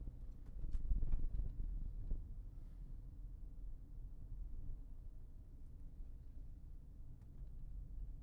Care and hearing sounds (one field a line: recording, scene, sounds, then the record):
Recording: everyday scene through a hearing-aid microphone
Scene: in a vehicle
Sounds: engine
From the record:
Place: Berlingo II, diesel engine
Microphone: behind the ear, left, front